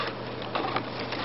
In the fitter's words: I don't know if you can hear that snap over the camera or not